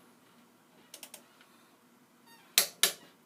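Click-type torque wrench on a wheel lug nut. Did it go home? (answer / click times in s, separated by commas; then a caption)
yes / 2.6 s, 2.8 s. A click-type torque wrench tightens another wheel lug nut: a few faint ratchet ticks near 1.0 s, then the wrench is torqued until it clicks loudly at its setting, with sharp clicks at 2.6 s and 2.8 s. The lug nut is confirmed done at the torque setting.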